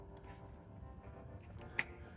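The number one spark plug wire end on a 1991 Toyota pickup is pushed into its terminal on the distributor cap, over a steady background of music. A single sharp click at 1.8 seconds marks the wire snapping into the cap, seating it, and someone talks.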